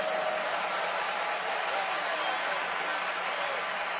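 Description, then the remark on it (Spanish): An audience claps and praises the Lord together, a dense, steady wash of many hands clapping with mingled voices rising underneath, holding at an even loudness throughout. “Dele palmas y alabanzas al Señor.”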